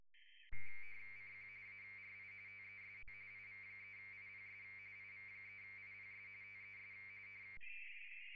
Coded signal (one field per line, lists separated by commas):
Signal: RTTY